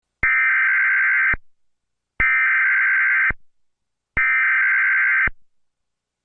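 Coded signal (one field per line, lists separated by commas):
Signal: Emergency Alert System (SAME) tones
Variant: header bursts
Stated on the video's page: Mock, simulated alert.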